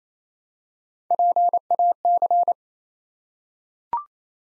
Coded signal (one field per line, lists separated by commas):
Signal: Morse code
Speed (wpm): 28 wpm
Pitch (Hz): 700 Hz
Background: none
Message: PAC